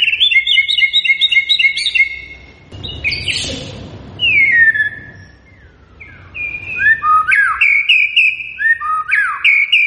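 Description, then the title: White-rumped shama song: rapid repeated chirping notes, then a rushing noise, followed by rich downward-sliding whistles and varied fluty phrases. Lure recording of a shama singing profusely, used to draw a quick response from other shamas. "MURAI BATU GACOR"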